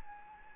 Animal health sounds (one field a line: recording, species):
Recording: mosquito wingbeat signal from an infrared sensor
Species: Anopheles gambiae